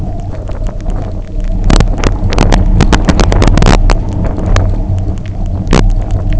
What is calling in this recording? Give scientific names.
none